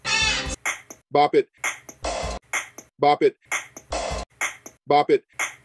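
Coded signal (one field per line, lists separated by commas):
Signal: none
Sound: a toy game's sounds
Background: speech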